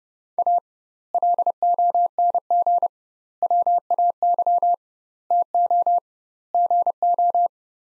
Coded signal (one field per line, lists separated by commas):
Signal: Morse code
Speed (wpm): 29 wpm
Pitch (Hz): 700 Hz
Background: none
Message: A LONG WAY TO GO